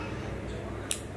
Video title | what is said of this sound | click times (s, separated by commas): Upgrade Ram Laptop, Pemula 100% bisa | seperti itu kalau sudah bunyi klik tadinya udah terpasang ini bisa kita tutup oke | 0.9 s